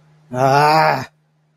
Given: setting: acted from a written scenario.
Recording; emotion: vocal sound without words; anger